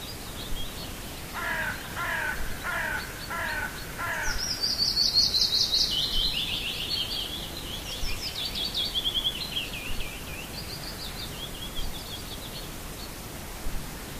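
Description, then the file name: Birds singing: a series of harsh, buzzy chattering notes at the start, then high, sweet warbled phrases that rise and fall, with steady background hiss. "Nature Sounds - Little Birds"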